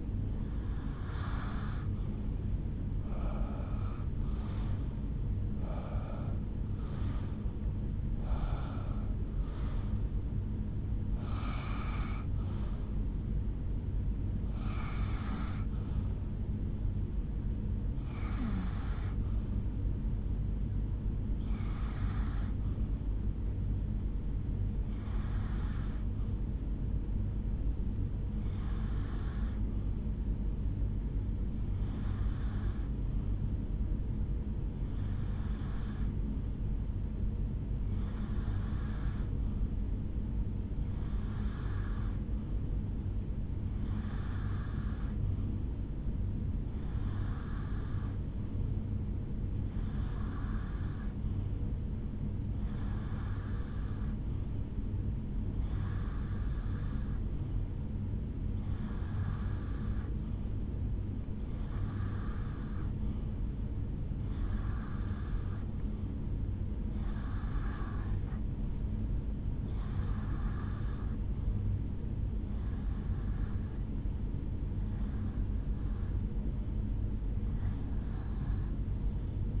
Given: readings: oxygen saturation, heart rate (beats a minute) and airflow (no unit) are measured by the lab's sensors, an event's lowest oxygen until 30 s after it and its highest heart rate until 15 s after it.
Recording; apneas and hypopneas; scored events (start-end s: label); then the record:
breathing in sleep by a smartphone at the bedside; 1
14.00-44.00 s: new sleep stage, N1 (lightest sleep)
27.00-66.30 s: hypopnea (N1, oxygen 96% highest, then 89% lowest, heart rate 63 at the start, 74 highest)
44.00-74.00 s: new sleep stage, N2 (light sleep)
74.00-79.60 s: new sleep stage, REM sleep
From the record:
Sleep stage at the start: REM sleep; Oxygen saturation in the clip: 89 to 96%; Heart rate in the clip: 60 to 75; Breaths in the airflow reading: 27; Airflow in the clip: -9.3 to 7.1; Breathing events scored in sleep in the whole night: 449 in 7.0 hours asleep